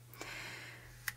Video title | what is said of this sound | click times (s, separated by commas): Minox X-active 8x44 Binoculars review - Optics Trade Reviews | click in the position so you you know when they are set in any position | 0.1 s, 1.1 s